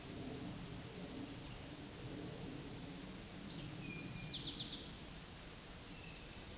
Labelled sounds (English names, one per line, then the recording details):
Eastern Towhee song
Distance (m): 60 m
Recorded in a Pennsylvania forest on 17 May 2023 at 13:24
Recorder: AudioMoth, point grid1_7_low
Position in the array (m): 112 m, 106 m